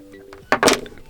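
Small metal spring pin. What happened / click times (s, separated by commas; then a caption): The spring pin snapped into the lug / 0.5 s. A quick-release spring bar on the second strap of a Xiaomi Watch 2 is lined up with the lug hole in the smartwatch case, and its lever is let go. The pin snaps in with a sharp, loud click at 0.5 s, followed by a brief rattling burst around 0.6 s and a few faint ticks. The strap is seated.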